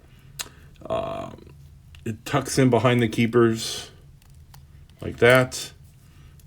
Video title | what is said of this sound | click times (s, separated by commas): Clasps and Buckles Compared | and it snaps in place you know you've got a got the tutor ceramic snap | 6.4 s